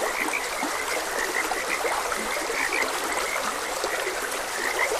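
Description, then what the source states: Numerous frogs croak in a continuous busy chorus with a few deeper notes, accompanied by gently flowing water. Frogs croaking beside a gentle stream.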